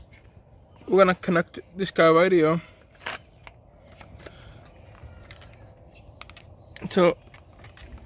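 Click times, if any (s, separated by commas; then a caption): none. A fuel hose quick-connector is handled at the fuel inlet fitting of a Mercury 20 HP outboard engine while someone talks. Faint handling taps and knocks come through between the words. Nothing has seated or clicked yet.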